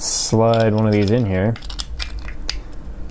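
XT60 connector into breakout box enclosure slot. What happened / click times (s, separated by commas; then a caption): The connector snapped into its housing slot / 2.5 s. An XT60 connector is slid into a slot in a breakout box enclosure that appears to be 3D-printed plastic while someone talks. A few light scrapes and taps follow, then a sharp click at 2.5 s as the connector pops into place and holds fairly firmly in a friction snap fit, before it is glued.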